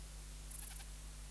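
Bush-cricket Ephippiger cunii giving a single brief chirp of three or four rasping high pulses, with a constant low electrical-sounding hum beneath.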